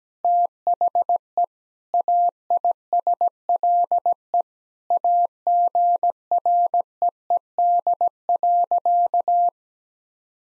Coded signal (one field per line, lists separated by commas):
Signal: Morse code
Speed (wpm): 17 wpm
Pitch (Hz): 700 Hz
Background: none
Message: THE AISLE AGREED.